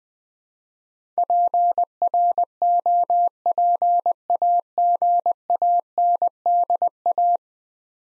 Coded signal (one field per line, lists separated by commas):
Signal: Morse code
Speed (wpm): 20 wpm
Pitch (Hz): 700 Hz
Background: none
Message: PROPAGANDA